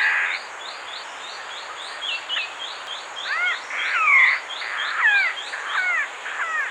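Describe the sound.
Raffles's malkoha calling with a series of curved, descending mewing notes in quick succession, backed by a train of high chirps.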